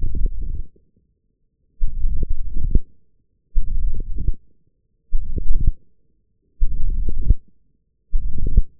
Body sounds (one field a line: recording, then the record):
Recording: forearm muscle sounds (acoustic myography)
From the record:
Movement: forearm pronation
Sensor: system 1, eight BSWA MPA416 microphones around the upper forearm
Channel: 5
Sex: male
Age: 21 years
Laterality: right